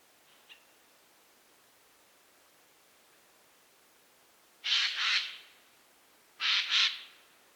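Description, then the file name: Eurasian jay screeching: two loud, harsh, rasping double-pulsed calls, after a faint brief note, over a quiet background. "Garrulus glandarius"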